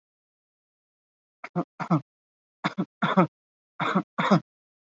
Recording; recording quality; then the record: shallow voluntary cough; excellent, no background noise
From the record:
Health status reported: COVID-19 positive, mild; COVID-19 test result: positive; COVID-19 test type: RT-PCR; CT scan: not taken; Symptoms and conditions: cold, fever, another respiratory illness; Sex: male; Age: 27 years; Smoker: no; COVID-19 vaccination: both doses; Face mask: worn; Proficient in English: yes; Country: India